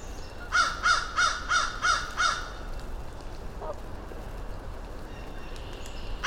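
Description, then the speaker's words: Crow cawing, a run of six short harsh caws in quick regular succession, then a lone fainter call, over steady background hiss. A rookery of crows calling deep in the woods at Mud Pond, a nature refuge in Vermont, in early spring. "As I moved deeper into the woods, a rookery of crows began to call."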